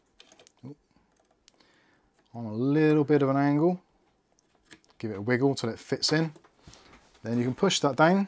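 An M.2 SSD is set into a motherboard M.2 slot at a slight angle, to be wiggled in and then pushed down, while someone talks. Faint, brief handling ticks come near the start and again around 4.4 to 4.9 seconds. Nothing has seated or clicked yet.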